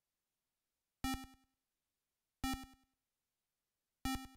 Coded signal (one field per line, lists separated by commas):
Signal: none